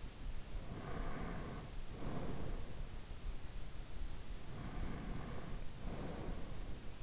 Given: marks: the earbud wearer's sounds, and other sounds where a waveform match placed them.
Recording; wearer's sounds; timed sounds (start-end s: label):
sounds in sleep by an in-ear microphone; breath
0.67-3.07 s: breath
4.59-7.03 s: breath